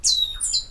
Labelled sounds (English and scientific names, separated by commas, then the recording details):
Stitchbird (Notiomystis cincta) song
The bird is a male
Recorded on Tiritiri Matangi Island, New Zealand, in 2005
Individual 14, of nest box 20